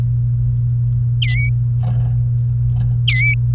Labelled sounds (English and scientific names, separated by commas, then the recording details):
Domestic Canary (Serinus canaria) song
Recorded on 27 April 2018 at 17:13
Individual llb3